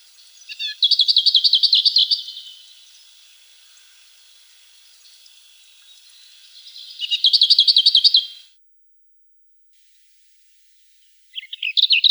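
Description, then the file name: Lesser whitethroat song: fast, even rattling phrases on a steady pitch, two full ones about six seconds apart and a third just beginning, with faint background hiss. "Slavka zavirushka"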